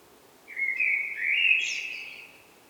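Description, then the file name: Common blackbird song phrase: smooth whistled fluting notes that finish in a brief, strained high squeak. "Turdus merula"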